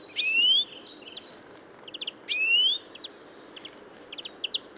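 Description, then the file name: European greenfinch giving two loud rising wheezy calls about two seconds apart, followed by soft scattered chirps. "Chloris chloris"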